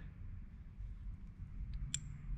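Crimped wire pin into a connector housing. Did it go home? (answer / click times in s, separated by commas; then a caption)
yes / 1.9 s. A crimped wire pin is pushed into the matching cavity of a plastic multi-pin connector housing. A faint tick at 1.7 s comes before a sharp, bright click at 1.9 s, over a low background rumble. The pin seats and locks in the housing.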